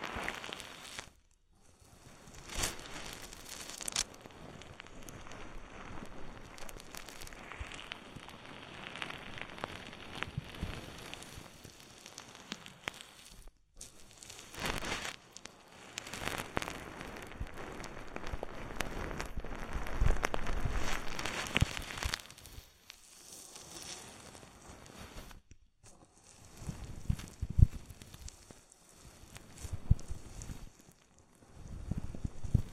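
Oily hands and foam work over the ears, filling the clip with dense, wet crackling and squelching that swells and fades. Brief silent pauses fall near 1, 13.5 and 25.5 seconds, and the rubbing is loudest around 20 seconds before thinning out.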